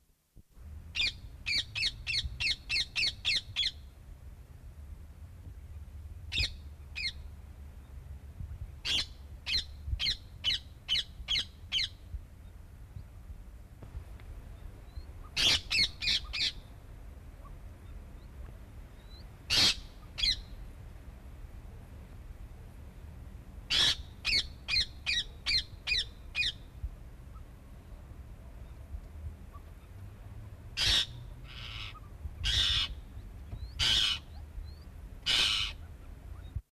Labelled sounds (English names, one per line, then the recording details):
Alexandrine Parakeet call
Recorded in captivity
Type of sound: call
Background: Chrysolophus pictus
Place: Bergzoo Helmarshausen, Thüringen, DE
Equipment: Halbspur, 9,5 cm/s
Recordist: Lütgens, Hans
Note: Rufe abends. Im Hintergrund junge Goldfasane